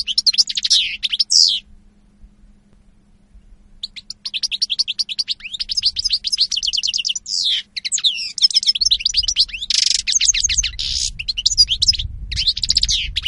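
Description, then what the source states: European goldfinch song with a brief twittering opening, a pause, then a sustained run of rapid chirps and buzzy notes, with low rumbling noise toward the end. Spanish goldfinch lure call (reclamo).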